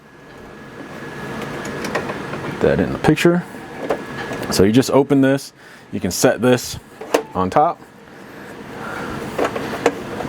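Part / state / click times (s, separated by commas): plastic accessory light bar onto toy vehicle roof / seated / 9.9 s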